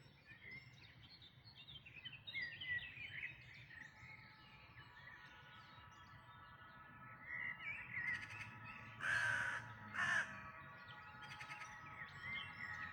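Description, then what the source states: Birds singing in a chorus, varied whistled phrases from several birds, with two loud harsh caws from a crow around the ninth and tenth seconds. Dawn chorus recorded in May 2026.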